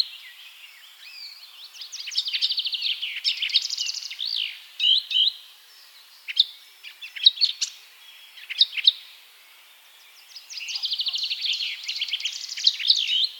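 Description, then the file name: Eurasian blackcap song in bursts: rapid scratchy warbles and trills, a pause with scattered sharp notes, then another fast chattering warble. "Sylvia atricapilla"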